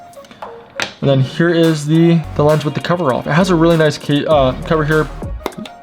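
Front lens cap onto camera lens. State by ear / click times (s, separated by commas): seated / 5.5 s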